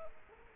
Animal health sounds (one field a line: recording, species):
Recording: mosquito wingbeat signal from an infrared sensor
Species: Culex quinquefasciatus